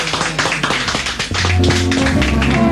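A crowd applauds doctor Mario with dense, irregular clapping throughout, and about halfway in, music with steady sustained tones rises beneath the clapping.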